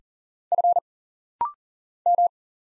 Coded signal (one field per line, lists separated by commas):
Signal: Morse code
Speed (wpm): 40 wpm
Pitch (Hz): 700 Hz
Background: none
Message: F M